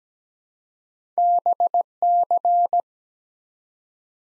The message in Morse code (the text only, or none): BC